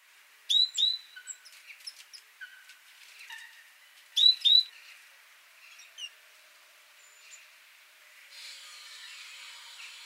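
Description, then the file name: Great tit giving two pairs of short, high whistled notes, with fainter chirps in between and a burst of noise near the end. "Parus major"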